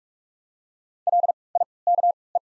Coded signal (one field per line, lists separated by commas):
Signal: Morse code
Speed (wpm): 44 wpm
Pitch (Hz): 700 Hz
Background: none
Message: L I K E